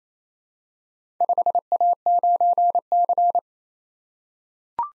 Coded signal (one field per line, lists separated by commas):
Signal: Morse code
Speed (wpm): 27 wpm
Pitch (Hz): 700 Hz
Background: none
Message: 5A9C